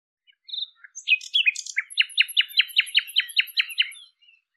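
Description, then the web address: Bird song: a few high sharp chirps, then a fast, regular series of many buzzy descending notes with faint high tinkling notes above, ending quietly. "cianscape birddata Deverinetal 2025"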